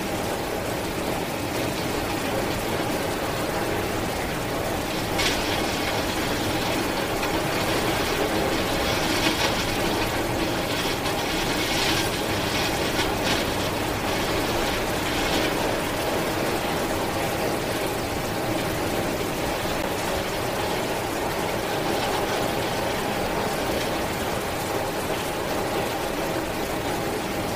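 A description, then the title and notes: Rain beats steadily against a window in a dense, unbroken patter with a fine, ticking texture. The level holds even throughout, with brief brighter, harder spatters around the middle of the clip. No thunder stands out. Rain Against Window. All Raw and mixed audio recorded on: Focusrite Scarlett CM25, Focusrite Scarlett 2i2 Audio interface.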